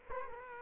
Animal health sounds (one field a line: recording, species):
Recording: mosquito wingbeat signal from an infrared sensor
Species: Culex quinquefasciatus